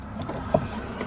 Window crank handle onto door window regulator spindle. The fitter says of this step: and your door handle will just, or your window handle, just snap back on.